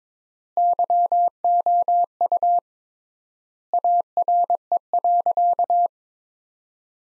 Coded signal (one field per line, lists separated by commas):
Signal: Morse code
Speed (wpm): 22 wpm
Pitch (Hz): 700 Hz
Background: none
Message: YOU ARE.